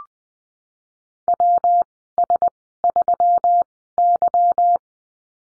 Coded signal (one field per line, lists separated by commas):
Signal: Morse code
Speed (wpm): 20 wpm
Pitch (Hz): 700 Hz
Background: none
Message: W S 3 Y